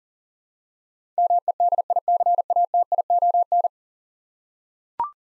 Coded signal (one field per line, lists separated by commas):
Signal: Morse code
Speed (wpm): 38 wpm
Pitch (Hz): 700 Hz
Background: none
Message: MEDICATION